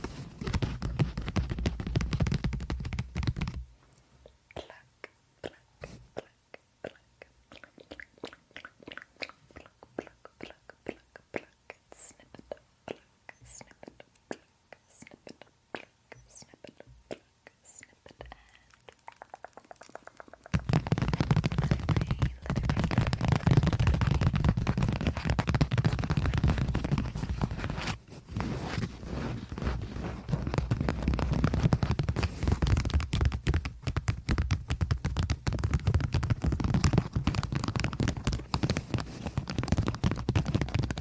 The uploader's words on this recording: Plucking and Tapping Triggers on the Mic.